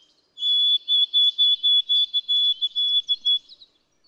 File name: White-throated Sparrow